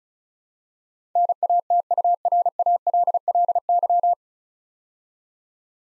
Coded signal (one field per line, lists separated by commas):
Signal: Morse code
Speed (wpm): 36 wpm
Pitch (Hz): 700 Hz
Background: none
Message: NATURALLY